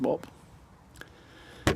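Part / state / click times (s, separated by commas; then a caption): plastic access cover on back of car headlight / released / 1.7 s. On a Skoda Octavia III, the plastic access cover on the back of a xenon headlight is twisted to reach the bulb, and someone talks at the start. A faint tick comes at 1.0 s. The cover snaps off with a sharp crack at 1.7 s, releasing it.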